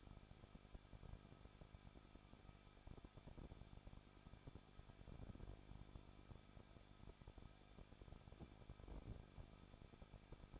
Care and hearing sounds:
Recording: daily activity, microphone in the room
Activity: no activity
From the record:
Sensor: 5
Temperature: 20.9 degrees Celsius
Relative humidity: 38.1%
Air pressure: 1006.5 hPa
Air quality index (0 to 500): 187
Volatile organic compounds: 18 ppm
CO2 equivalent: 2620 ppm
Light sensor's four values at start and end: 2/3/1/1 and 2/3/1/1

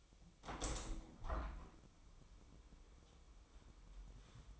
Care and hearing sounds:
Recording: daily activity, microphone in the room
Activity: open window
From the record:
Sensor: 1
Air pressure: 1006.4 hPa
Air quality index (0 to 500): 206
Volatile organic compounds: 23 ppm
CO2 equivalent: 2775 ppm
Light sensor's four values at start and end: 11/30/11/13 and 12/32/12/14

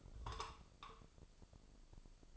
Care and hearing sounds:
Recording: daily activity, microphone in the room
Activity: take from stove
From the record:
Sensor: 5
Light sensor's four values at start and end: 34/81/33/35 and 34/81/33/34

